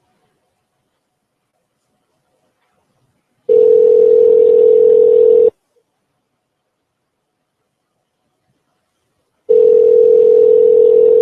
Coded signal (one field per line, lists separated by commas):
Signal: telephone call progress tone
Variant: North America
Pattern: ringback tone